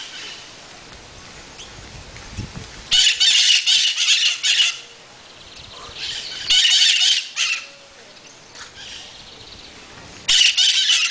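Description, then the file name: Parrot squawking: grating, rasping bursts arrive in three loud groups a few seconds apart, with softer calls and background noise between them. "Maritaca"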